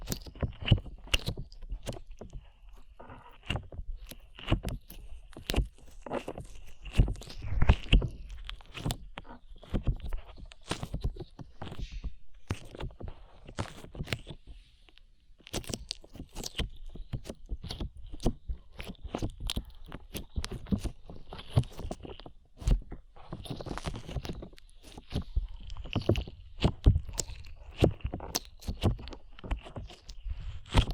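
Slime being squished and pressed, with dense, irregular sticky pops and crackles running through the whole clip. The clicks come in rapid clusters with brief pauses, sharp and bright, over a faint steady hiss and a low underlying thump.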